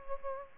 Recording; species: mosquito wingbeat signal from an infrared sensor; Culex pipiens